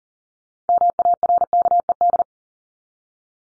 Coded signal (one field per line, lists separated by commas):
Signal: Morse code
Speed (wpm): 40 wpm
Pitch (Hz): 700 Hz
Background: none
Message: MARKED